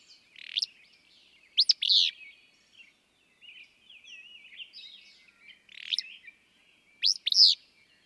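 Willow flycatcher song: sharp, buzzy two-part sneezy phrases, given several times, with faint twittering of other birds between them.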